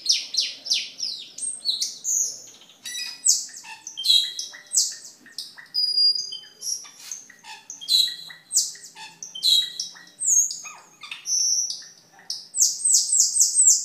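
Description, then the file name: Camperling song: a busy, rambling medley of sharp high chirps, brief buzzy notes and clear whistles, delivered rapidly and continuously throughout. "camperling omkicau"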